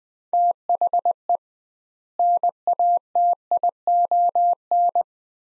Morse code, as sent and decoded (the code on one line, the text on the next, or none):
- .... . / -. .- - .. --- -.
THE NATION